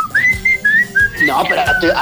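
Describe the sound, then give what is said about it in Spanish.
Someone whistles a bright, tuneful melody in clear sustained notes that step up and down in pitch, with a busier, murmuring layer of sound joining in during the second half. “De todas maneras, o sea, sí tenemos el silbido, que es muy … y que lo vamos a silbar toda la vida de vuelta.”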